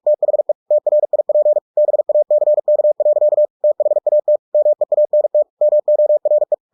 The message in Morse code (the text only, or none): THE TRIP BACK. THAT MEANT MORE